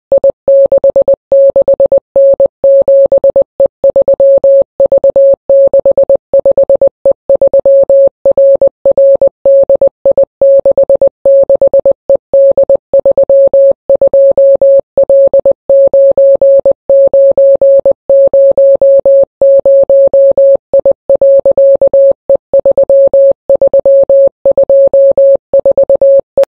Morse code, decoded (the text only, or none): I66N7E3V65E3RRDI66ED32L9900I.E3324E